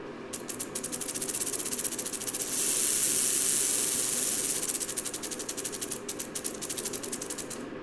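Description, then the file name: Sidewinder rattle, a rapid pulsed buzz that blurs into a louder continuous hiss midway, then returns to distinct rapid pulses. "Crotaluscerastes JRice"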